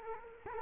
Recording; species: mosquito wingbeat signal from an infrared sensor; Culex quinquefasciatus